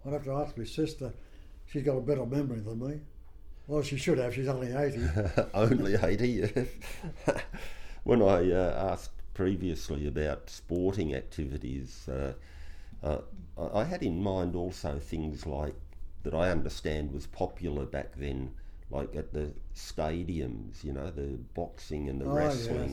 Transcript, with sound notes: I’d have to ask my sister she’s got a better memory than me. Well she should have she’s only eighty.
Only eighty, yes. [laughs] When I asked previously about sporting activities, I had in mind also things like — that I understand was popular back then, like at the Stadiums, you know, the boxing and the wrestling.